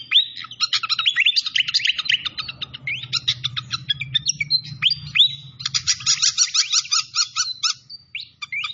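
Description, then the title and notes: Malaysian pied fantail song: fast chattering chirps and upslurred whistles in quick bursts, a low hum running underneath. Masteran training recording of the fantail's clear voice, locally called sikatan londo, mixed with the sound of flowing water. "Masteran Sikatan Kipas Suara Jernih Dan Suara Gemericik Air. Suara Burung Sikatan Londo"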